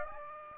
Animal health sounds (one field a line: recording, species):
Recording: mosquito wingbeat signal from an infrared sensor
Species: Aedes aegypti